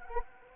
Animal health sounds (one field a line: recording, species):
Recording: mosquito wingbeat signal from an infrared sensor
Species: Anopheles arabiensis